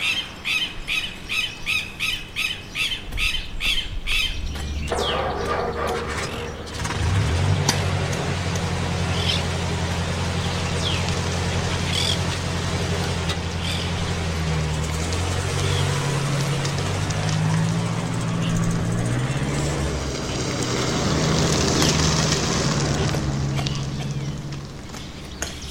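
A tractor engine rumbles into a deep, steady drone after a few seconds of quick rhythmic clacking, its low pitch stepping up and down as the revs change, loud and continuous throughout, as Silvia drives her tractor away to work the land.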